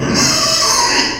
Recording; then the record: squeal of a Yucatan mini pig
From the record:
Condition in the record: before surgery on the right vocal fold (resection and tissue-engineered implant); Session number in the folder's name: 2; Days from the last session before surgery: 0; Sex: male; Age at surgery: 12 weeks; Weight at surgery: 13 kg